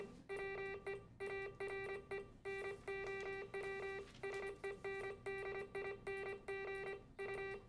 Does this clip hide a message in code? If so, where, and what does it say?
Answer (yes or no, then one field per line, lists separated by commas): yes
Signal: Morse code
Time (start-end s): 0.3-7.5 s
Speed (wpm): 26 wpm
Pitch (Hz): 2350 Hz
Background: music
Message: WE ARE NOW SENDING U